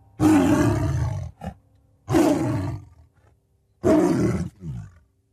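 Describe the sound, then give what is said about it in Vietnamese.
Three loud, rough roars, each about a second long, broken by short pauses and trailing off into lower grunting tails, like a badly wounded wild beast bellowing in pain, coming from the back of a garden at midnight. “Bất chợt ở phía sau vườn có một tiếng gầm rú chẳng khác gì là con mãnh thú đang bị thương nặng.”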